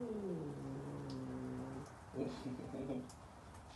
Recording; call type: domestic cat vocalisation; growl